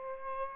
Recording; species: mosquito wingbeat signal from an infrared sensor; Aedes aegypti